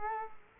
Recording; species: mosquito wingbeat signal from an infrared sensor; Culex quinquefasciatus